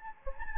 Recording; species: mosquito wingbeat signal from an infrared sensor; Anopheles gambiae